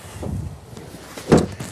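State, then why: Seated. An RV murphy bed frame is pushed up into its stowed position against its wall/couch cabinet. A low rumbling movement comes first, then a faint tap at about 0.8 s. A sharp, loud latch sound at 1.3 s marks the frame locking into place.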